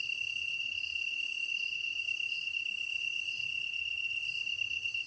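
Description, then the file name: Kantan tree cricket sings one long, steady trill. Recorded on 23 August 2010 at 21:22. "kantan-20100823-2122"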